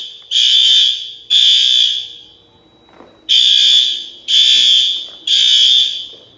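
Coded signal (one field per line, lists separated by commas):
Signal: alarm pattern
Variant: fire alarm bell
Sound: ringing electric bell in ~0.7 s bursts: two, a pause, then three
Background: quiet room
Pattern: temporal three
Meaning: Temporal-three bell pattern is the standard fire evacuation signal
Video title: Fire Alarm Bell Test #36 (Gamewell-FCI 7075)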